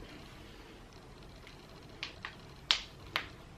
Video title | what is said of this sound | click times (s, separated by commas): Clip in Extensions Update & Application Tips | find the little click a little click shut so satisfying | 2.7 s